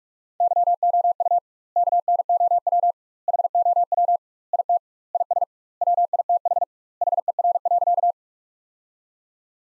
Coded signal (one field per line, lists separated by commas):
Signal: Morse code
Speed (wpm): 48 wpm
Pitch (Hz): 700 Hz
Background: none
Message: YOU KNOW HOW IT IS WITH HER.